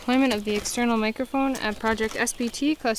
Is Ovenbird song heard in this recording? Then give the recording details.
no. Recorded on 20 June 2016 at 13:35. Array SBT-6-76